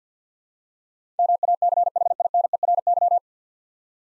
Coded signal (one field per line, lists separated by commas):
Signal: Morse code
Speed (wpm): 50 wpm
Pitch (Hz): 700 Hz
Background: none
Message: MACHINERY